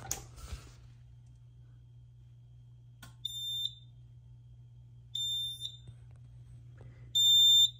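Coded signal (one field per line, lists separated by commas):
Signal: alarm pattern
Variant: fire alarm panel trouble tone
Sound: three short high-pitched piezo beeps, evenly spaced about two seconds apart, over a low hum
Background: low electrical hum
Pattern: 3 beeps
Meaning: The panel is signalling a trouble condition, here a power failure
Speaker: check it out on battery backup if we unplug the panel AC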